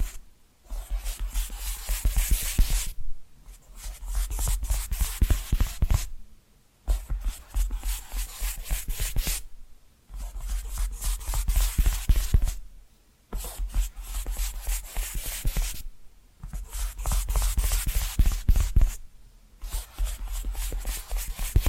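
Tapping and scratching sounds come in bursts of roughly two to three seconds, separated by short silent gaps about every three seconds. Each burst is a dense, bright run of quick scratchy strokes and taps over a soft, low rumble.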